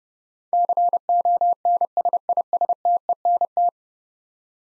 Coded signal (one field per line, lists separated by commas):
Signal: Morse code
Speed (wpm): 30 wpm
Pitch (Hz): 700 Hz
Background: none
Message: CONSISTENT